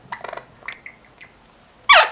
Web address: popugai belogolovyi amazon kubinskii amazon popugai bagamov popugai kaimanovyx ostrovov. amazona leucocephala